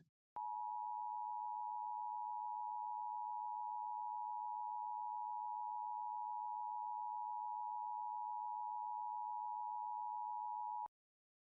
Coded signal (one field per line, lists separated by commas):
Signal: Emergency Alert System (SAME) tones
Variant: 853 and 960 Hz attention tone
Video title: LIVE AM/MW DX: DX Central Live - S. 4, Ep. 7 | Friday, February 23, 2024